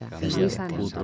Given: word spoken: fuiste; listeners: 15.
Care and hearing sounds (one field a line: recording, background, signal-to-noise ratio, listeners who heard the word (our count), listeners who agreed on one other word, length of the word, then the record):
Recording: one Spanish word in noise, from a listening test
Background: four-talker babble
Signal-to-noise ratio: -0.9 dB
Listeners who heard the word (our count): 1 of 15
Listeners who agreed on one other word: 7 of 15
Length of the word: 0.64 s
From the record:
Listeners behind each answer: 7, 1, 1, 1, 1, 1, 1, 1, 1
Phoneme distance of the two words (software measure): 31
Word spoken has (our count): 2 syllables, 6 phonemes, stress on syllable 1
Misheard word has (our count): 3 syllables, 7 phonemes, stress on syllable 2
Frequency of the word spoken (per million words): 7.74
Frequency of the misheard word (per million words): 0.57